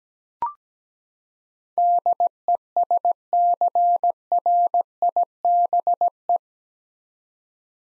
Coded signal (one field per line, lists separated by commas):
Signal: Morse code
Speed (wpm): 17 wpm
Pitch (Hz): 700 Hz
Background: none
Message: DESCRIBE